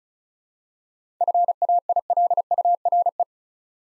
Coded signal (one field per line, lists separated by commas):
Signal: Morse code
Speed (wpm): 36 wpm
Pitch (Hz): 700 Hz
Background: none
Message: FAILURE